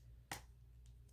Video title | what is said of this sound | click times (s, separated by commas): Unsponsored Haul: House of Sillage Cupcakes & Lipstick | the case so here's the case and then you just take the lipstick and you press it down until it clicks | 0.3 s